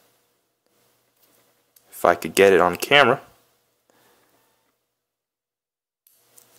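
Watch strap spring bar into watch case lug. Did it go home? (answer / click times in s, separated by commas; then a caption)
yes / 6.1 s. A watch strap's spring bar is lined up with the notch in the watch case lug, its pin pulled back and let go, and it snaps into the lug. Someone talks, then after a quiet stretch with faint small ticks the spring bar snaps into place with a sharp click at 6.1 s, followed by another small tick. The strap is confirmed seated.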